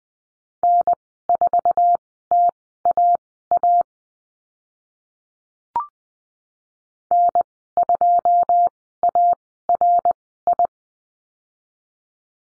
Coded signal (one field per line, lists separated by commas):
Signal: Morse code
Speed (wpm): 20 wpm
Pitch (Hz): 700 Hz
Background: none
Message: N4TAA N2ARI